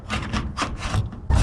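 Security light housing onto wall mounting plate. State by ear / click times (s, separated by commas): not seated / none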